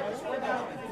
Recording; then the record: coughing mixed with background sound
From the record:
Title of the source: Coughing Man Sound - Man Cough Sound Effect